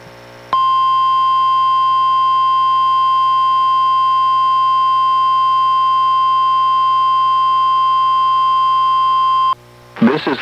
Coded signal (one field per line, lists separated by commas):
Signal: Emergency Alert System (SAME) tones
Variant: 1050 Hz attention tone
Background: speech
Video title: EAS #935: NWR Required Weekly Test- May 29, 2024- 11:25AM PDT